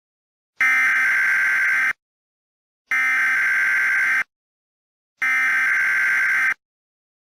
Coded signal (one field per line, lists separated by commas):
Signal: Emergency Alert System (SAME) tones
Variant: header bursts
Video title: 'Make America Radioactive Again' (US Domestic Nuking EAS Prank)